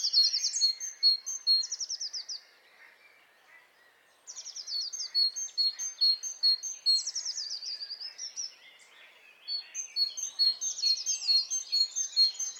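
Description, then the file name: Great tit calls: quick runs of high, rattling notes in three bursts separated by short quiet spells. "Parus major"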